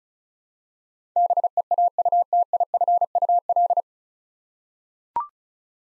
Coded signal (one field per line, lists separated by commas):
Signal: Morse code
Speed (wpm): 34 wpm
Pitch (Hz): 700 Hz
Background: none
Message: BEAUTIFUL